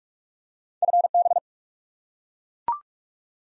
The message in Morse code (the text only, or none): FB